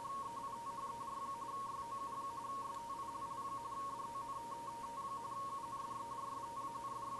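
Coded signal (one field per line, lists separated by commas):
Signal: RTTY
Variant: 45.45 baud, 170 Hz shift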